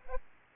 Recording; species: mosquito wingbeat signal from an infrared sensor; Aedes aegypti